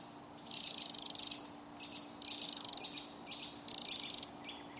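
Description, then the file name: Eurasian wren giving high, fast pulsed rattles, three buzzy bursts each under a second, with a soft low hum beneath. "Troglodytes troglodytes"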